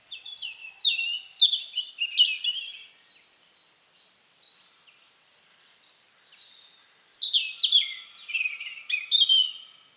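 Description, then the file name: European robin song in two phrases, quick tumbling high notes and twitters, a pause of silence, then another sparkling jumbled phrase. "Erithacus rubecula"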